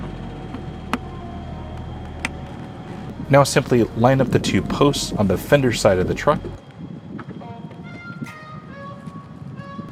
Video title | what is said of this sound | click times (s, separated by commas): AlphaRex LUXX LED Sequential Tail Lights - Toyota Tacoma 3rd Gen - How to Install / Function | plug each of the connectors and until you hear a click | 0.9 s, 2.2 s